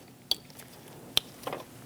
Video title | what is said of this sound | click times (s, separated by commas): How to Remove Front Door Panels 2011-2027 Dodge Durango | Push until you hear a click. If you don't, give it a pull. Make sure it's locked on. | 0.3 s, 1.2 s